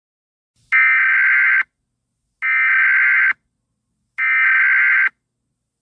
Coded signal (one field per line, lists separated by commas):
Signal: Emergency Alert System (SAME) tones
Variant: header bursts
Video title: EAS Scenario: The Halloween Masscure!!